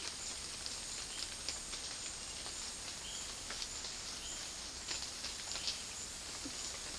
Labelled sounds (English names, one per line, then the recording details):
none
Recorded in dense forest near Puerto Asís, Putumayo, Colombia, on 18 February 2024 at 14:00
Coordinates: 0.481, -76.318
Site G6421